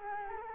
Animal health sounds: mosquito wingbeat signal from an infrared sensor; Culex quinquefasciatus

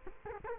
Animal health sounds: mosquito wingbeat signal from an infrared sensor; Culex quinquefasciatus

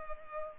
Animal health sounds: mosquito wingbeat signal from an infrared sensor; Culex pipiens

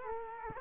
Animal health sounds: mosquito wingbeat signal from an infrared sensor; Culex quinquefasciatus

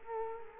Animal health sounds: mosquito wingbeat signal from an infrared sensor; Culex quinquefasciatus

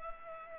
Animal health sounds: mosquito wingbeat signal from an infrared sensor; Culex pipiens

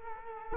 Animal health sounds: mosquito wingbeat signal from an infrared sensor; Culex quinquefasciatus

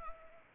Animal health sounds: mosquito wingbeat signal from an infrared sensor; Anopheles arabiensis

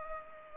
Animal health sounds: mosquito wingbeat signal from an infrared sensor; Culex pipiens

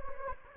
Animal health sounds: mosquito wingbeat signal from an infrared sensor; Anopheles gambiae

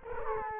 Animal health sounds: mosquito wingbeat signal from an infrared sensor; Culex quinquefasciatus

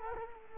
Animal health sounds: mosquito wingbeat signal from an infrared sensor; Culex quinquefasciatus

